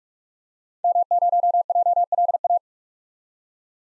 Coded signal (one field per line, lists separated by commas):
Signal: Morse code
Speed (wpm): 42 wpm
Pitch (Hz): 700 Hz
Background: none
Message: M0JLA